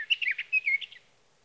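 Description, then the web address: Sage thrasher song, a brief burst of rapid warbled whistles lasting about a second before fading out. "birdsongforthecurious Sage Thrasher"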